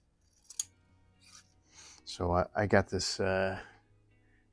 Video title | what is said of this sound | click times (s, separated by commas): Making Iron sights great again! Tom Palmer 1938B/499B (X2!) White VS. Black! | Got to make sure you hear that click. | 0.6 s